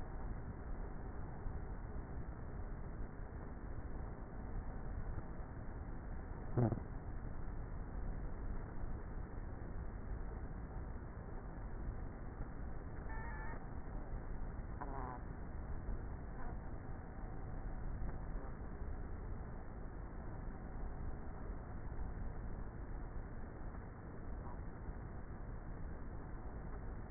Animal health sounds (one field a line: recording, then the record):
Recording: honeybee colony, microphone inside the hive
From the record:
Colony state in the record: queenless with a low population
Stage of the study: before two queens were removed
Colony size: about 30,000 bees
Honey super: no